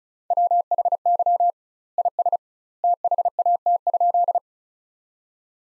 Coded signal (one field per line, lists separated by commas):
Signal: Morse code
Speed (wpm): 34 wpm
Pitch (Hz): 700 Hz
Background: none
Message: WHY IS THAT?